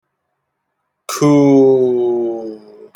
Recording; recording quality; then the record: sustained vowel as in boot; excellent, no background noise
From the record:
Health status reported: healthy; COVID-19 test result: negative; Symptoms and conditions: none ticked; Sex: male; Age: 23 years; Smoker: not ticked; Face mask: not worn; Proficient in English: yes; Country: United States